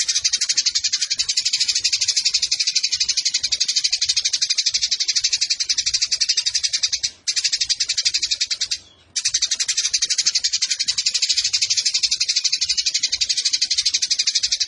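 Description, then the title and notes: Eurasian tree sparrow song: long run of rapid, sharp, high chirps with two short pauses midway, steady and chattering throughout. Fighting-style 'tarung nembak panjang' song with long shooting phrases and a clear voice, used as tutor song (masteran) for competition birds. "GEREJA TARUNG NEMBAK PANJANG SUARA JERNIH. Burung Gereja"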